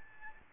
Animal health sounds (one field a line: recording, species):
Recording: mosquito wingbeat signal from an infrared sensor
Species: Aedes albopictus